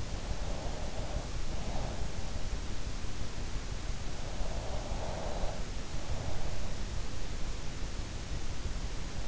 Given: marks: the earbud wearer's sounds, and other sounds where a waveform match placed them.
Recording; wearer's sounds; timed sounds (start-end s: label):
sounds in sleep by an in-ear microphone; breath
0.00-2.38 s: breath
4.45-6.87 s: breath